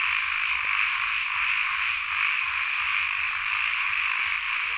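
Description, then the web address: Frogs in a dense droning chorus, with short repeated high pips in the second half over the unbroken hum. Field recording, frogs and insects together, at Sen Monorom, Cambodia. "NOISE ON EARTH Vol 1 CAMBODIA Les Cartes Postales Sonores - Insects Frogs of Sen Monorom"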